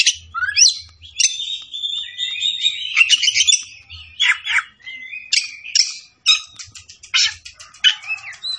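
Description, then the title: Oriental magpie-robin song, rapid scratchy chatters alternating with rising and falling whistles, lively and varied, with brief pauses and faint low thumps. Tretes; singing vigorously, described as gacor. "Kacer Tretes"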